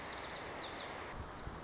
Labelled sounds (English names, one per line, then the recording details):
Lazuli Bunting
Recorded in Sonoma County, California